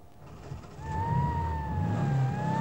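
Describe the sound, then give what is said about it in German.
A car engine rumbles low, then revs up as the car is turned around and pulls away, a steady rising whine joining the growl and holding as it drives off. “Wende den Wagen, El! Den Kerl müssen wir fassen.”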